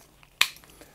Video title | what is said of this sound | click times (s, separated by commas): Sponge Ball Dropper by Hanson Chein Productions/Ochiu Studios Review | you press it in and you hear it it clicks in oops | 0.4 s